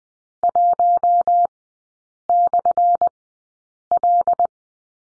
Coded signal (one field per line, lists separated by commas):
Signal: Morse code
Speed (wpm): 20 wpm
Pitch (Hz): 700 Hz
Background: none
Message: 1/L